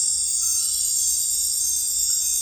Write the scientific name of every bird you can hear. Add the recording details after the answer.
none. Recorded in dense forest near Puerto Asís, Putumayo, Colombia, on 20 February 2024 at 02:30. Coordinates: 0.484, -76.317. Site G6464